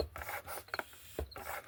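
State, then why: Not seated. A bicycle tire with a tube is being pumped past its running pressure so the rubber bead will seat on the wheel rim. Rhythmic rasping, rubbing pump strokes are heard, with two brief sharp ticks at about 0.7 s and 0.8 s. The bead has not yet popped onto the rim; nothing has seated yet.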